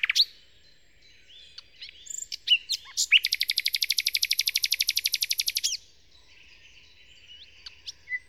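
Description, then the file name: Common nightingale song: assorted sharp chips and whistles, then a long, very fast metallic rattle of repeated notes lasting over two seconds, followed by softer scattered notes. Nightingale song in Kent, 2008. "nightingale-song-recorded-in-kent-2008-by-phil-riddett"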